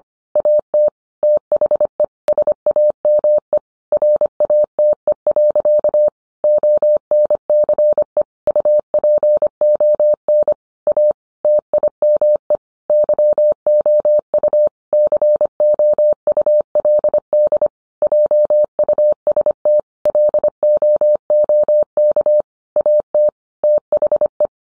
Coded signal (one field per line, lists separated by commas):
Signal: Morse code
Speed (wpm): 25 wpm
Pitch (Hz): 600 Hz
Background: none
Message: AT THE SAME RATE. ONCE UPON A TIME YOU COULD JUST LOOK AT THE